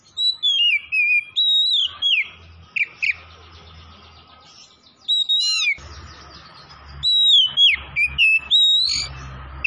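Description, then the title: Oriental magpie-robin song: loud, clear whistled phrases swooping up and down, delivered in rapid bursts with a pause midway, over a steady faint hum. Tretes type, singing vigorously (gacor). "Kacer Tretes"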